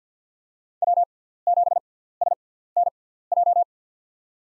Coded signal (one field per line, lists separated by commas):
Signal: Morse code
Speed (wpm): 50 wpm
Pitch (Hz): 700 Hz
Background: none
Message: W7SNJ